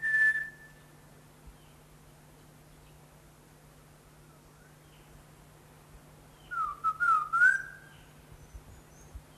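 Greater ground-robin calls with one clear whistle at the start, then silence, then a quick series of rising and falling whistles near the end.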